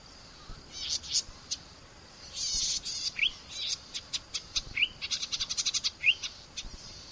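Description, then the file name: Golden-headed cisticola song: short high buzzy bursts alternating with quick rising liquid notes, delivered in uneven series, with a rapid run of ticking buzzes near the end. "suara cici merah omkicau"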